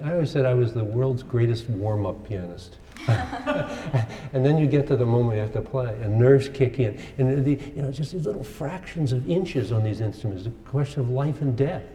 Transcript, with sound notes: I always said I was the world’s greatest warm-up pianist, [laughs] and then you get to the moment you have to play and nerves kick in, the — just these little fractions of inches on these instruments is a question of life and death.